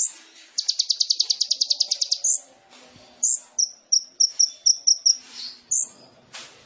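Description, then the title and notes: Sunbird song: a rapid high trill followed by sharp, thin, high notes in a quick series, with faint lower sounds behind. Indonesian masteran training recording of a ninja sunbird for songbirds, described as gacor, full of varied fills and shooting notes, suited to lure or provoke birds. "MASTERAN KOLIBRI NINJA TERBAIK FULL ISIAN DAN TEMBAKAN MEWAH COCOK BUAT PANCINGAN. Suara Burung Kolibri Ninja Gacor"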